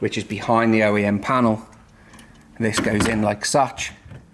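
An OEM interior trim panel that hides a DSP amplifier in a Mercedes SL60 AMG is handled and pushed toward its mount in the car body as part of a discreet audio upgrade, while someone talks and a few light ticks are heard. Nothing has seated or clicked yet.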